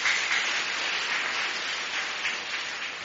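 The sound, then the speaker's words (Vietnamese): A crowd of children, prompted by a teacher, claps steadily and densely for about three seconds, a continuous rush of many hands at an even, fairly loud level with no voices over it. “Tất cả các con là những người con cực kỳ hiếu thảo, cho một tràng pháo tay thật lớn nào.”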